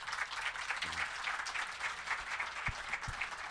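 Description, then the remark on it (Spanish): An audience at the eighth Used and Antique Book Fair in Guadalajara, Mexico, applauds José María Muriá and editor Miguel Ángel Porrúa: many hands clapping in a dense, even patter that holds at a constant loudness throughout with no voices over it. “el doctor José María Muriá y el extraordinario editor y bibliófilo Miguel Ángel Porrúa, ambos hermanos, ambos grandes sabios mexicanos, para quienes pido un aplauso muy caluroso.”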